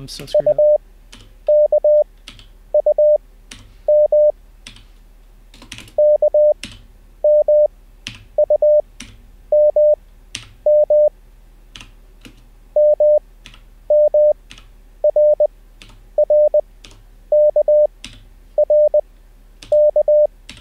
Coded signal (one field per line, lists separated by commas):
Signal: Morse code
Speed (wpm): 20 wpm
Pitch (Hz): 600 Hz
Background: none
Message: UKUM KMUMM MMRRKRK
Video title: How to Learn Morse Code Live with N0SSC (Day 1)